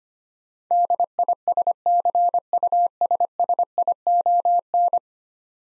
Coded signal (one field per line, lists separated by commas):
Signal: Morse code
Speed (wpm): 25 wpm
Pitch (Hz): 700 Hz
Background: none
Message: DISCUSSION